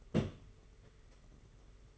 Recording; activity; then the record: daily activity, microphone in the room; place on stove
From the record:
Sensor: 4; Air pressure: 991.9 hPa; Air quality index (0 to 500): 86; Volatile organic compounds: 7 ppm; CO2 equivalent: 1958 ppm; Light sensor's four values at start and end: 22/75/27/29 and 22/75/27/29